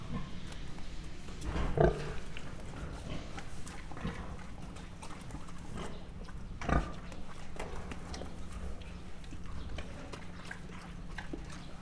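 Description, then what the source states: Mangalica pig giving two short, deep grunts about five seconds apart, otherwise quiet apart from a low constant hum. Standard Mangalica pig grunting, recorded close up at Miskolc Zoo in 2009.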